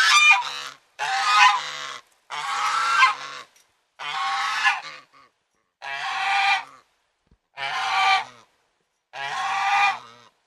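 Domestic goose honking: seven loud, harsh, nasal honks about a second long each, spaced roughly every one and a half seconds.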